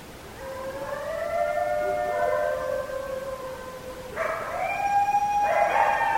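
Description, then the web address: Coyote howls: long, smooth, wavering tones sliding slightly up and down, then a sudden burst of sharp yips joins as another rising howl begins. Recorded on 6 November 2010; several coyotes. "Coyote 2010 11 06 Coyotes"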